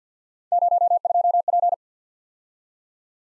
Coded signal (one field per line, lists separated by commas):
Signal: Morse code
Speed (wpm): 48 wpm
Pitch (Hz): 700 Hz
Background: none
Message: 02P